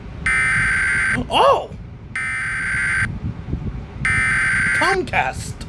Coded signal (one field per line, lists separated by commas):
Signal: Emergency Alert System (SAME) tones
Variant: header bursts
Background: speech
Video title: (150 Subs!) | I Am Waiting For This To Be Real | Tabi Reacts To The Awakening, A Zombie EAS Scenario